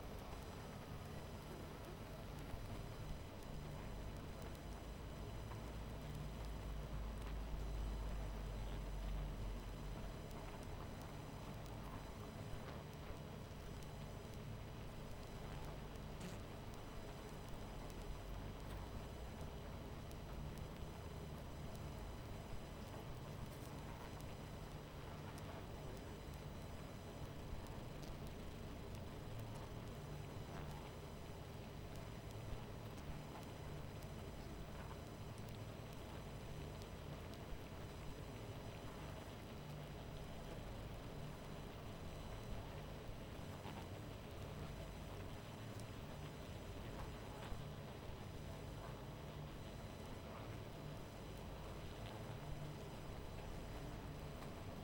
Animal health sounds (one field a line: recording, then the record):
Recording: honeybee colony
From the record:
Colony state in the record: missing queen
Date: 14 July 2017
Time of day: 22:41